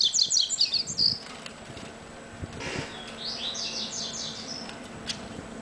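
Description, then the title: Double-collared seedeater song in two bursts of fast, high chattering notes, the first loud and choppy, the second softer, over a low background hum. "Canto Coleiro"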